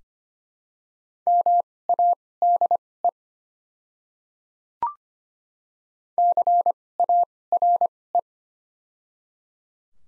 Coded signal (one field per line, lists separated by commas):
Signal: Morse code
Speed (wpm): 25 wpm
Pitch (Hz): 700 Hz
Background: none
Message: MADE CARE